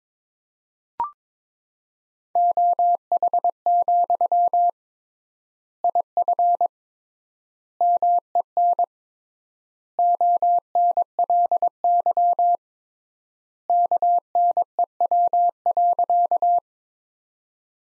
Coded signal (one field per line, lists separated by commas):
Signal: Morse code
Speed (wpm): 22 wpm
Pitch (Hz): 700 Hz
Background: none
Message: OH, IF MEN ONLY KNEW.